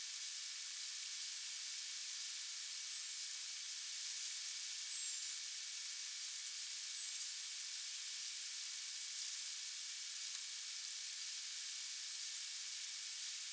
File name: D delphis